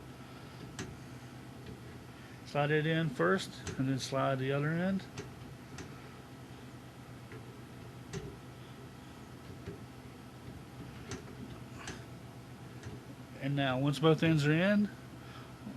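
A RAM module is slid into a motherboard memory slot, one end first and then the other, lining it up before pushing it home. Someone talks while light ticking handling noises are heard, including brief ticks around 0.8, 5.8, 7.3, 8.1, 11.1 and 11.9 seconds. Nothing has seated or clicked yet.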